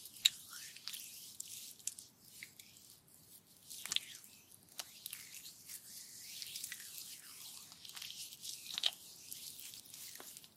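Massage sounds: soft, wet rubbing and squishing, like oiled hands moving over skin, with a steady airy hiss throughout. Sharp little clicks and taps break in now and then, loudest near the start and again around four and nine seconds.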